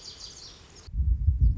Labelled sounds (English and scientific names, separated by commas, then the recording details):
Lazuli Bunting (Passerina amoena)
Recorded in Sonoma County, California